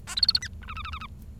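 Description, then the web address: Bengalese finch song: a brief phrase of buzzy, harmonic-rich syllables, first a quick high rattle of notes, then a lower stuttering series, over faint low hum. "nccratliri vad-multi-species. bengalese finch"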